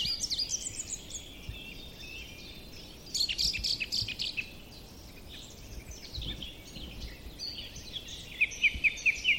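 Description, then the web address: Song thrush song: varied chirpy phrases with pauses, ending in a quick run of several identical sharp notes. "cianscape birddata Deverinetal 2025"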